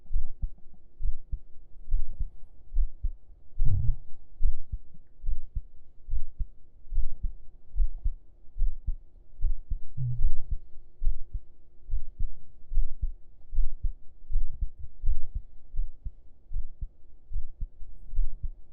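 Steady, muffled low heartbeat thumps at about 72 beats a minute, heard with the ear laid on an adult's chest under the shirt, with a faint hum and occasional rustling.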